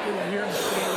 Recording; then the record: coughing mixed with background sound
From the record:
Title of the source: 30 Chesty and wet cough